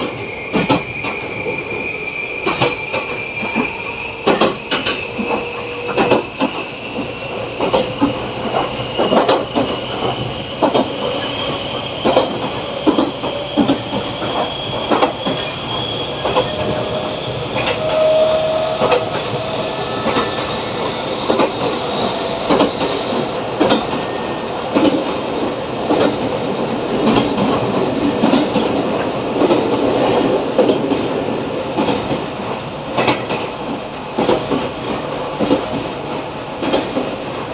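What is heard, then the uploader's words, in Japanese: A train runs along the track with a steady rumbling roar and frequent sharp clacks and knocks scattered throughout. A thin high whine slowly rises in pitch over the first half and then holds, and a brief squeal appears around eighteen seconds. 鉄道走行音 名鉄5000系 車内 可児川→西可児。なんとなく撮った動画から、音声だけ切り出したものを上げました。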